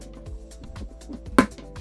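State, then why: Seated. The hinged plastic drop-front door of an XL drop-front shoe storage box from The Container Store is swung shut. Its plastic latch tab catches with one loud, sharp click at 1.4 s, and the door closes and latches. Softer handling knocks and quiet background sound come before it, and someone talks.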